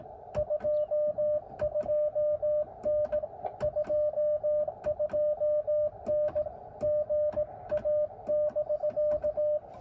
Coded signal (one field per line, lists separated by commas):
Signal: Morse code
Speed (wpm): 18 wpm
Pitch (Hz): 590 Hz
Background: music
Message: 22N 22N GA <BK>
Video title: First QRP CW POTA activation in a new park: Elecraft KX2 & K6ARK random wire. Albany Nursery WMA!